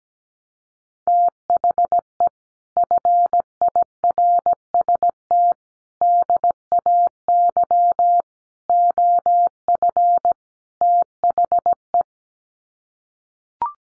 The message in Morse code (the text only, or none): THE FIRST DAY OF THE